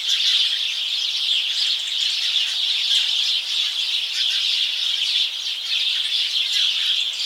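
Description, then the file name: House sparrows chattering as a flock, a dense steady wall of overlapping high chirps running unbroken through the whole stretch. "Passer domesticus"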